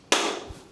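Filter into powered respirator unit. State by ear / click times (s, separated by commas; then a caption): seated / 0.1 s. A filter is hooked onto a powered respirator unit by its small L-shaped hook, then pressed on the side with the blue button until it locks. A single sharp, bright click at 0.1 s shows the filter has locked in place, then decays over the next few tenths of a second, with a faint low thump near 0.5 s.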